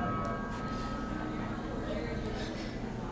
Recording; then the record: background sound without coughing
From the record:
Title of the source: 60 minutes of coffee shop sounds for study and concentration